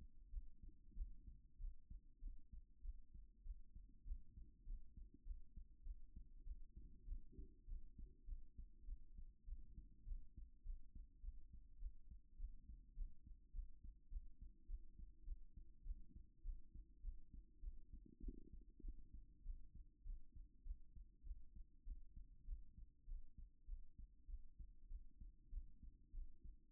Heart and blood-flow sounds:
heart sounds by stethoscope; 100 bpm
0.30 s: heartbeat
0.94 s: heartbeat
1.57 s: heartbeat
2.19 s: heartbeat
2.81 s: heartbeat
3.43 s: heartbeat
4.04 s: heartbeat
4.64 s: heartbeat
5.23 s: heartbeat
5.83 s: heartbeat
6.43 s: heartbeat
7.05 s: heartbeat
7.65 s: heartbeat
8.25 s: heartbeat
8.85 s: heartbeat
9.44 s: heartbeat
10.04 s: heartbeat
10.63 s: heartbeat
11.21 s: heartbeat
11.78 s: heartbeat
12.36 s: heartbeat
12.94 s: heartbeat
13.52 s: heartbeat
14.09 s: heartbeat
14.66 s: heartbeat
15.24 s: heartbeat
15.83 s: heartbeat
16.42 s: heartbeat
17.01 s: heartbeat
17.60 s: heartbeat
18.20 s: heartbeat
18.81 s: heartbeat
19.42 s: heartbeat
20.03 s: heartbeat
20.63 s: heartbeat
21.23 s: heartbeat
21.84 s: heartbeat
22.45 s: heartbeat
23.05 s: heartbeat
23.65 s: heartbeat
24.26 s: heartbeat
24.87 s: heartbeat
25.49 s: heartbeat
26.11 s: heartbeat
From the record:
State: after exercise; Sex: female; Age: 37 years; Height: 160 cm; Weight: 68 kg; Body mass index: 26.56

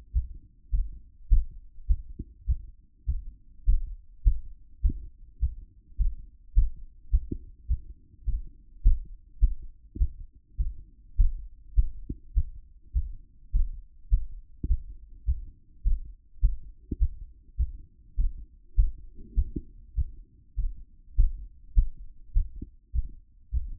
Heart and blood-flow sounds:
heart sounds by stethoscope; 103 bpm
0.12 s: heartbeat
0.70 s: heartbeat
1.29 s: heartbeat
1.87 s: heartbeat
2.46 s: heartbeat
3.05 s: heartbeat
3.65 s: heartbeat
4.23 s: heartbeat
4.81 s: heartbeat
5.40 s: heartbeat
5.97 s: heartbeat
6.54 s: heartbeat
7.10 s: heartbeat
7.67 s: heartbeat
8.25 s: heartbeat
8.82 s: heartbeat
9.39 s: heartbeat
9.98 s: heartbeat
10.57 s: heartbeat
11.16 s: heartbeat
11.75 s: heartbeat
12.34 s: heartbeat
12.93 s: heartbeat
13.51 s: heartbeat
14.09 s: heartbeat
14.67 s: heartbeat
15.25 s: heartbeat
15.83 s: heartbeat
16.41 s: heartbeat
16.98 s: heartbeat
17.56 s: heartbeat
18.16 s: heartbeat
18.75 s: heartbeat
19.34 s: heartbeat
19.94 s: heartbeat
20.55 s: heartbeat
21.15 s: heartbeat
21.74 s: heartbeat
22.33 s: heartbeat
22.92 s: heartbeat
23.50 s: heartbeat
From the record:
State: after exercise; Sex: male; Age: 28 years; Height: 182 cm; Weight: 70 kg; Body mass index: 21.13

